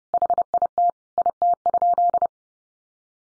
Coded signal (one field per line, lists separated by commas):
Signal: Morse code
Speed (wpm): 30 wpm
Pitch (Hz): 700 Hz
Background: none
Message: HIT IT?